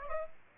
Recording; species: mosquito wingbeat signal from an infrared sensor; Aedes aegypti